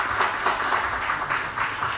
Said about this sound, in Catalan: Un fort aplaudiment.